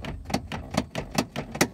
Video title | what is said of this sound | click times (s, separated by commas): Unboxing Rock’s 93 Foxbody Mustang LX Roller | you can hear it unlocking or unlatching but it doesn't want to | none